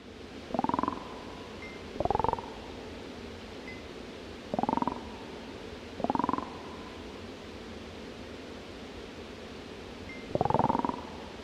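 Toad calling: five short pulsed trills that rise slightly in pitch, spaced irregularly, over a steady background hiss.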